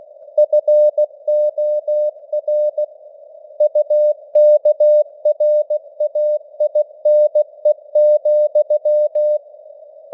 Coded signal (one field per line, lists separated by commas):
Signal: Morse code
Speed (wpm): 16 wpm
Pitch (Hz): 600 Hz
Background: none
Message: FOR UKRAINE,